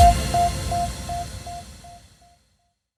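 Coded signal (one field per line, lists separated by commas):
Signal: none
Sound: festival music beeps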